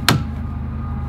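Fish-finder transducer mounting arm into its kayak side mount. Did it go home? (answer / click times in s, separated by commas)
yes / 0.1 s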